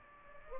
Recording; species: mosquito wingbeat signal from an infrared sensor; Aedes aegypti